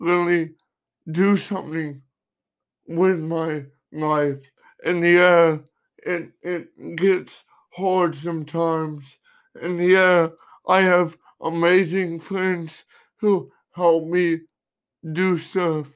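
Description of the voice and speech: Adult male speaker with cerebral palsy talking slowly, with long pauses between short phrases. Dysarthric speech in cerebral palsy.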